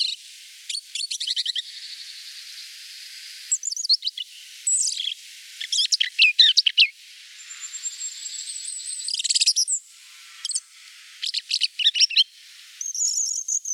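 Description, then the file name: European robin song: a series of high twittering phrases with short pauses, including a thin drawn-out whistle, over a steady background hiss. "rougegorge"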